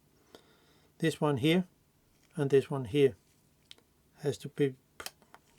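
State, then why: Seated. During reassembly of a Nikon D610 DSLR camera body after an infrared conversion with a self-cut Hoya R72 filter, an internal clip or connector is pressed down until it snaps home. Someone talks in short bursts, then a sharp click sounds at 5.0 s and again at 5.1 s as the part seats into place.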